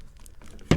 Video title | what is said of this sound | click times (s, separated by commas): Portable Bicycle Tool Kit for Going on a Ride Field Repairs - Bosque Mobile Bicycle Repair Denver CO | This This locks into place in the in the case. | 0.7 s